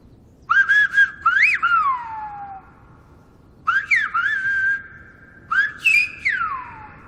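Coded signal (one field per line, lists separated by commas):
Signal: whistled language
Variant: Silbo Gomero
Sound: three loud whistled phrases with gliding, rising and falling pitch and sharp breaks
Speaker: una palabra silbada puede oírse hasta una distancia de kilómetro y medio o dos kilómetros el silbo gomero es un silbo articulado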